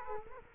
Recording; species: mosquito wingbeat signal from an infrared sensor; Culex quinquefasciatus